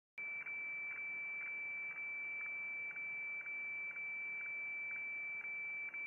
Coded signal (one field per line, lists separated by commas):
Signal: weather fax (radiofax)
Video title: Réception FAX HF du 07 07 2022